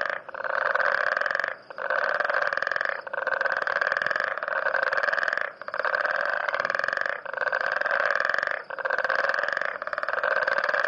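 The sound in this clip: Frog calling: a string of grating pulsed trills, each lasting more than a second, repeated with brief breaks.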